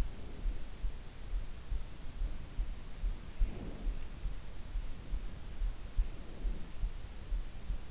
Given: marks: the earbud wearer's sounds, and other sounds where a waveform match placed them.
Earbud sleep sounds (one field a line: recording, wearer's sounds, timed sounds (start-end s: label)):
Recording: sounds in sleep by an in-ear microphone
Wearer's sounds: breath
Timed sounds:
0.05-0.85 s: breath
3.33-3.99 s: breath
6.01-6.63 s: breath